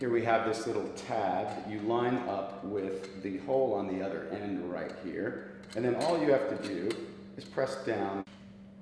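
Someone talks while handling two sections of a metal backdrop-stand crossbar, lining up the spring push-button tab on one tube with the locking hole on the mating tube section and getting ready to press it down. A steady low hum runs under the talking. The clip ends before the tab snaps in, so nothing has clicked or seated yet.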